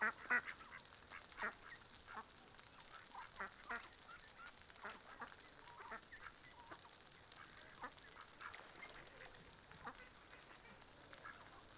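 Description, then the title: Mallards quacking softly and irregularly, short nasal notes repeated over constant water noise. Sunday afternoon at a small river in a park, Griñón, Madrid, Spain; adults, young and ducklings with mothers; excited when fed, young begging for food; Zoom H1n recorder. "Paseo de la Senda, 34, 28971 Griñón, Madrid, España - Tarde en el parque del río con patos. patos griñon"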